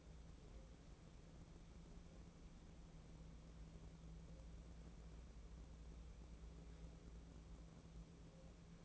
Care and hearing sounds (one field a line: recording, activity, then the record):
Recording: daily activity, microphone in the room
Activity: wipe stove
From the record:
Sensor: 1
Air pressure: 1012.4 hPa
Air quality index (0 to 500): 149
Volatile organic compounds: 2 ppm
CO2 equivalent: 1222 ppm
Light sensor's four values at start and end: 1843/3691/1834/1983 and 1664/3352/1660/1808